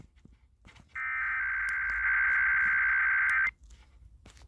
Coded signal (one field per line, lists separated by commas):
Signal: Emergency Alert System (SAME) tones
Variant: header bursts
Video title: Eas rwt on kwwj 1360am Baytown tx Eas#467